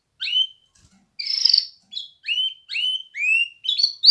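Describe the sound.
Canary song: bright upslurred whistled notes around high pitch, given in quick separate phrases with a brief buzzy burst in between.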